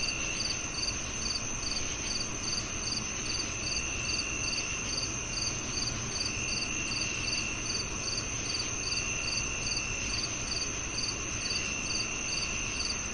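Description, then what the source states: Cricket chirps repeat in quick short pulses above a constant whine and a wash of hiss-like noise throughout. Summer night.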